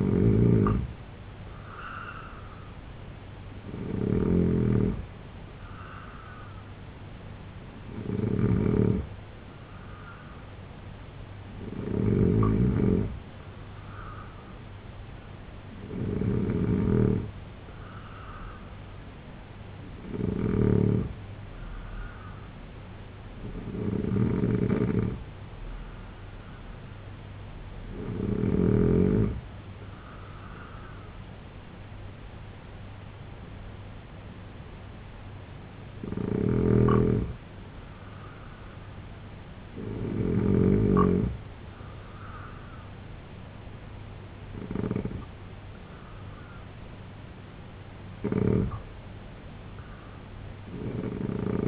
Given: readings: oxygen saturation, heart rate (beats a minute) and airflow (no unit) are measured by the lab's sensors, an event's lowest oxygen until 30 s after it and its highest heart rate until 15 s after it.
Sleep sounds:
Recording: breathing in sleep by a voice recorder at the bedside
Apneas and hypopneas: 1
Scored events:
22.00-43.70 s: hypopnea (N2, oxygen 89% highest, then 83% lowest, heart rate 76 at the start, 83 highest)
From the record:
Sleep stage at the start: N2 (light sleep)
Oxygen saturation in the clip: 85 to 89%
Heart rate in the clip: 73 to 80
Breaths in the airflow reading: 11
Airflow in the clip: -3.2 to 5.9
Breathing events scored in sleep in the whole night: 258 in 7.4 hours asleep

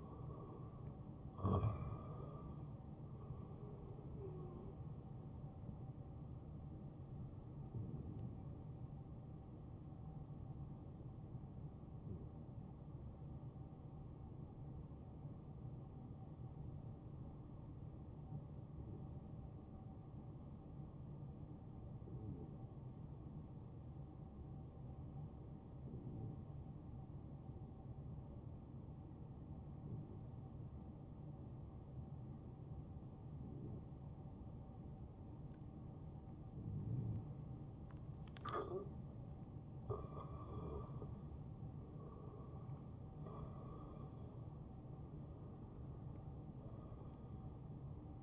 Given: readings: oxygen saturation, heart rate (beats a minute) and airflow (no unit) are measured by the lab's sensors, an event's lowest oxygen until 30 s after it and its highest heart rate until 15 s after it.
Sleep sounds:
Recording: breathing in sleep by a smartphone at the bedside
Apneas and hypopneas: 1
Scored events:
9.00-40.60 s: hypopnea (N1, oxygen 94% highest, then 89% lowest, heart rate 71 at the start, 74 highest)
From the record:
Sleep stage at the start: N1 (lightest sleep)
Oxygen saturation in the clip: 90 to 94%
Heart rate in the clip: 49 to 74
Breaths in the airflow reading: 6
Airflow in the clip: -7.1 to 6.2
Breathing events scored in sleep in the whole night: 263 in 5.5 hours asleep

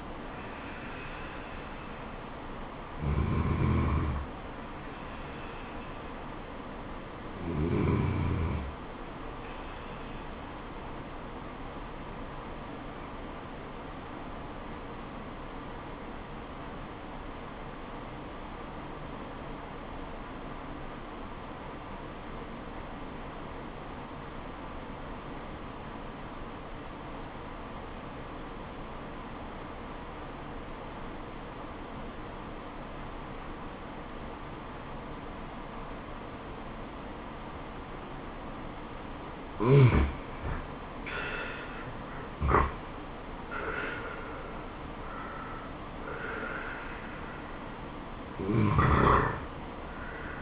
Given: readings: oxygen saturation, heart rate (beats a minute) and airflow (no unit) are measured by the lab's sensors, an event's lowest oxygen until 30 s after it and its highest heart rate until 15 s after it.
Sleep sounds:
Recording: breathing in sleep by a voice recorder at the bedside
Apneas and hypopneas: 1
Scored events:
12.00-41.00 s: obstructive apnea (N1, oxygen 97% highest, then 84% lowest, heart rate 74 at the start, 81 highest)
28.00-50.42 s: new sleep stage, N2 (light sleep)
From the record:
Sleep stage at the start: N1 (lightest sleep)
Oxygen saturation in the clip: 87 to 97%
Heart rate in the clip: 69 to 81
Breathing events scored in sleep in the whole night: 426 in 7.4 hours asleep

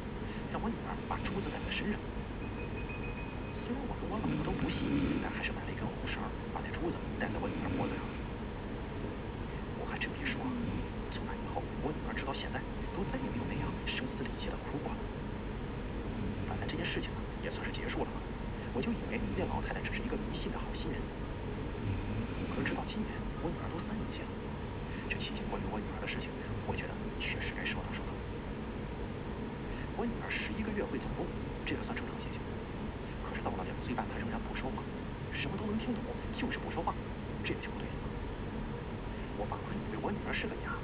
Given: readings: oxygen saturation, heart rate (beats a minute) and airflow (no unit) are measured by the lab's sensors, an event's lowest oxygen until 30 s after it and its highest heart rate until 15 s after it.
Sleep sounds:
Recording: breathing in sleep by a voice recorder at the bedside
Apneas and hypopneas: none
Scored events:
none scored
From the record:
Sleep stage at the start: N2 (light sleep)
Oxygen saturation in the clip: 92 to 94%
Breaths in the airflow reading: 14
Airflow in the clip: -1.8 to 2.6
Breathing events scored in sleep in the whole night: 335 in 6.7 hours asleep

